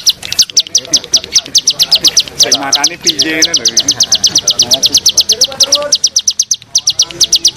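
Bar-winged prinia song: a long run of quick, high, piercing notes repeated several times a second, briefly broken, with soft lower chirps in the background.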